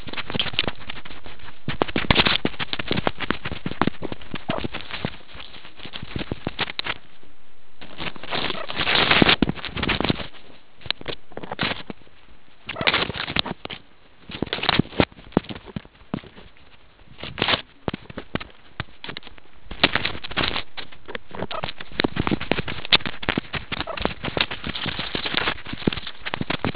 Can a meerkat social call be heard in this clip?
no